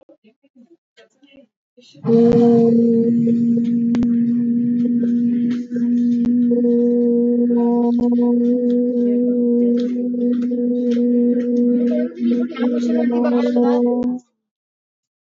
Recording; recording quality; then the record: sustained vowel as in boot; moderate, slight background noise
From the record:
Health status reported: healthy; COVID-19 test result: negative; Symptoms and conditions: none ticked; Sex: female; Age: 49 years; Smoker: not ticked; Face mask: not worn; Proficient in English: yes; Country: India